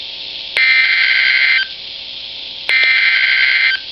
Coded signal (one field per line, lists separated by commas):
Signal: Emergency Alert System (SAME) tones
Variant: header bursts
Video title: [2x HEADER] Special Marine/Severe Thunderstorm Warning [EAS 22-23] | NOAA Weather Radio (6/12/2011)